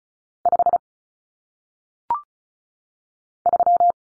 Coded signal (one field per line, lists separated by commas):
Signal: Morse code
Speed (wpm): 36 wpm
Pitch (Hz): 700 Hz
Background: none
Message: 5 3